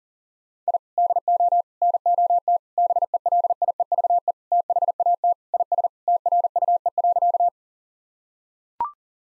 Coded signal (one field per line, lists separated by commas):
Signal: Morse code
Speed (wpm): 40 wpm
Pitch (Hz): 700 Hz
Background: none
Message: I DO NOT BELIEVE THAT IS TRUE.